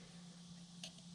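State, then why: Not seated. A seal is handled at the gland groove of a hydraulic cylinder during a repair, against a steady low hum. A short, bright tick sounds near 0.8 s, but nothing has seated or snapped into the groove yet.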